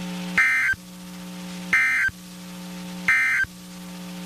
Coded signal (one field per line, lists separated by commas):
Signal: Emergency Alert System (SAME) tones